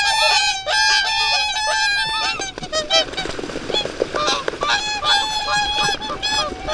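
Whooper swans calling: many loud, trumpeting, bugle-like honks overlapping in a noisy flock chorus, some drawn out, others clipped, with constant background rush.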